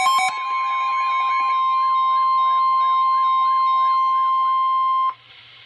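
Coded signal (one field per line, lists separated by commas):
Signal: Emergency Alert System (SAME) tones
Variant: 1050 Hz attention tone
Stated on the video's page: Severe thunderstorm warning received from NOAA weather radio transmitter KEC60 Milwaukee, Wisconsin.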